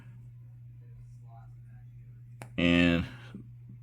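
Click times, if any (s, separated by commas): 2.4 s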